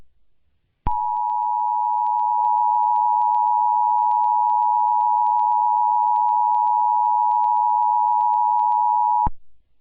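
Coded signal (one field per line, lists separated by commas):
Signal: Emergency Alert System (SAME) tones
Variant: 853 and 960 Hz attention tone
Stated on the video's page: Fictional scenario, not a real EAS broadcast; tones may or may not be valid.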